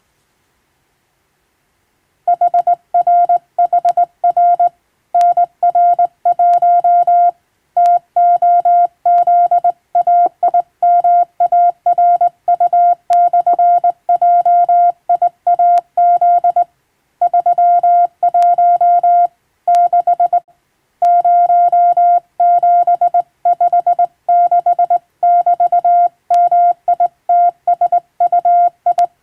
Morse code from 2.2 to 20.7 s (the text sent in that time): HRHR NR1 TOZAIMARU/JIAZ 31 6